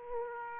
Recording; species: mosquito wingbeat signal from an infrared sensor; Aedes aegypti